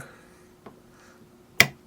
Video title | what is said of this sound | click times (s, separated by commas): Vaporesso Target PM80 | pops right in there real nicely | 1.6 s